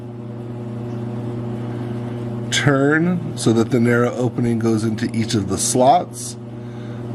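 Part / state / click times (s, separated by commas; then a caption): scalpel blade onto scalpel handle / not seated / none. The tip of a metal scalpel handle is inserted into the large opening of a scalpel blade from below, and the blade is lined up with the handle's slots before being pressed on. Someone talks from about 2.6 to 6.0 s over a steady low hum. Nothing has seated or clicked yet.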